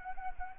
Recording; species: mosquito wingbeat signal from an infrared sensor; Anopheles arabiensis